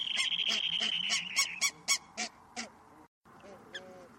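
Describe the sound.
Bird calls, a rapid series of loud clipped notes, the first ones over a steady high whistle, then a brief gap and a few softer calls.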